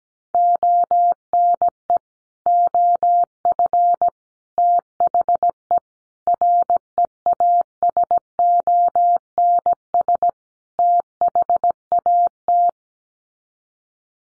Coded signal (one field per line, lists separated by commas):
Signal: Morse code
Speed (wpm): 17 wpm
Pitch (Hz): 700 Hz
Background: none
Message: ONE OF THE REASONS THAT